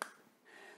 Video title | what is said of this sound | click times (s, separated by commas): Friday night pen thoughts #8 - 7 May 2021 | that has this reach there and it clicks in place there | 0.0 s